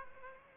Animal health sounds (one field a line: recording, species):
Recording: mosquito wingbeat signal from an infrared sensor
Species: Aedes aegypti